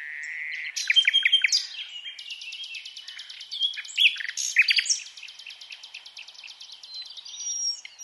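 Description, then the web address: Common nightingale song opening with a sustained whistle, then quick varied notes and a long even series of rapidly repeated notes. "SETE Luscinia megarhynchos"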